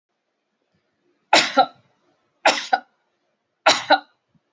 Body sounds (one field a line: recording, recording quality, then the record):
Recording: heavy voluntary cough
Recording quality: excellent, no background noise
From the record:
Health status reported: healthy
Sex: female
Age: 47 years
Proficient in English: yes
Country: India